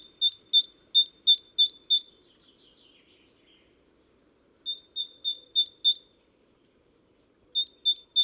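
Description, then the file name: Great tit song in crisp, repeated two-note phrases, three bursts broken by silent gaps, clean background. "Parus major"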